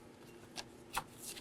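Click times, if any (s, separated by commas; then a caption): none. The two plastic clips of a battery terminal assembly on a 2018-2024 Chevrolet Equinox are lined up on the car battery and handled before being clamped down. Soft, brief rustling and scraping bursts are heard near 0.6 s and 1.0 s over low background noise. Nothing has seated or clicked yet.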